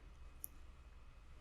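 A plastic face shield bracket is fitted onto a hard hat, its tabs worked around the brim from the outside into the brim slots. A single sharp, high-pitched click sounds at 0.4 s over a low, steady background rumble as the tab clicks into the slot and the bracket seats in place.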